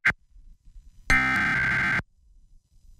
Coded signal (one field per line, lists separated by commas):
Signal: Emergency Alert System (SAME) tones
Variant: header bursts